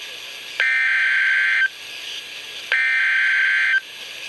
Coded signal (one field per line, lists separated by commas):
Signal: Emergency Alert System (SAME) tones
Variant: header bursts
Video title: Severe Thunderstorm Watch #2 - 06/30/14 (EAS #758)